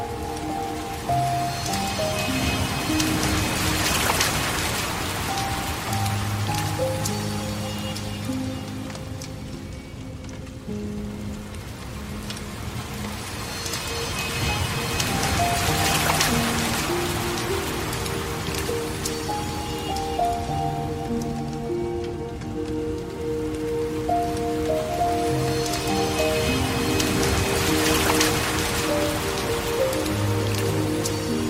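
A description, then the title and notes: Soft piano notes drift over a steady wash of flowing water that swells and fades in slow waves roughly every twelve seconds. Dreamy mixes of Relaxing Piano Music and the soothing flow of a Soft Water Stream. The rhythmic rising and falling sounds of a tranquil waterfall. Relaxing Piano and Tranquil Water Sounds.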